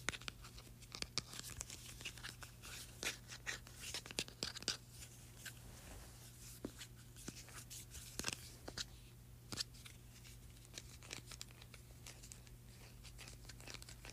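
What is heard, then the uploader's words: A mini hand sanitizer bottle being handled, with sharp clicks and rubbing rustles over a steady low hum, busiest in the first ten seconds. ASMR Mini Hand Sanitizer.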